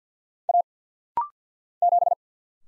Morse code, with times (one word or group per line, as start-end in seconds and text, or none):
0.5-0.6 A
1.8-2.1 7